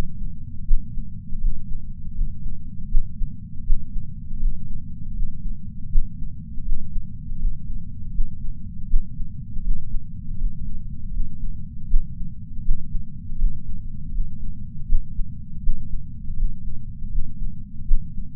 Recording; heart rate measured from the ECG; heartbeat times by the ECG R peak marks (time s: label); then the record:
heart sounds by patch sensor on the chest; 80 bpm
0.65 s: heartbeat
1.39 s: heartbeat
2.13 s: heartbeat
2.89 s: heartbeat
3.64 s: heartbeat
4.38 s: heartbeat
5.13 s: heartbeat
5.89 s: heartbeat
6.63 s: heartbeat
7.37 s: heartbeat
8.12 s: heartbeat
8.87 s: heartbeat
9.62 s: heartbeat
10.36 s: heartbeat
11.11 s: heartbeat
11.88 s: heartbeat
12.62 s: heartbeat
13.37 s: heartbeat
14.11 s: heartbeat
14.86 s: heartbeat
15.61 s: heartbeat
16.35 s: heartbeat
17.09 s: heartbeat
17.85 s: heartbeat
From the record:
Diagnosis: coronary artery disease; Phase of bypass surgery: postoperative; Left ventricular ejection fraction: 54.4%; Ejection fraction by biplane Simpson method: 44%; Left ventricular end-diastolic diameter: 43 mm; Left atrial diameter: 34 mm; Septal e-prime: 5 cm/s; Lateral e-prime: 5.3 cm/s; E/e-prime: 15.7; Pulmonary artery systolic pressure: 21 mmHg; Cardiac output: 4.9 L/min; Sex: female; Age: 70 years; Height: 152 cm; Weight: 65 kg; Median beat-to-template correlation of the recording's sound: 0.82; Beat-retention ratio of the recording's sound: 0.98